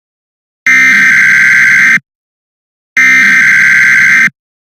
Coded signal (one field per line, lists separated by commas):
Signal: Emergency Alert System (SAME) tones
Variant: header bursts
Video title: EAS Scenario- Unidentified Virus